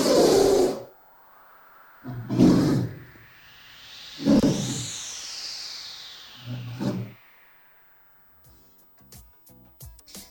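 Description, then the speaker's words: Polar bear giving hoarse, breathy rasps repeated about every two seconds, with a smooth sweeping whoosh in the background and faint clicks at the end. Adult polar bear, sound described as quite creepy. "So hört sich ein ausgewachsener Eisbär an. Ganz schön gruselig."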